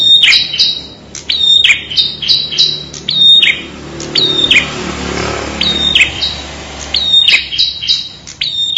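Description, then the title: Bird song of high, clipped chirps in rapid runs, a quieter gap midway, then the bright repeated notes return. "kikicau"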